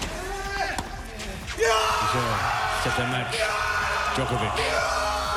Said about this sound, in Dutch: Djokovic had een zware avond tegen Matteo Berrettini. Na 4 sets won de Serviër en schreeuwde hij het uit.